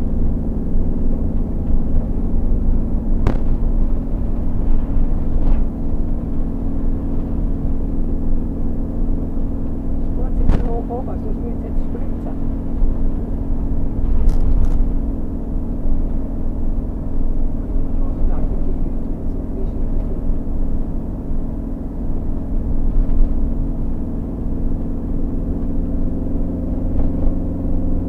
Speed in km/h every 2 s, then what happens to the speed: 42, 44, 44, 44, 44, 44, 44, 44, 44, 44, 44, 44, 46, 46.
0-28 steady at about 44.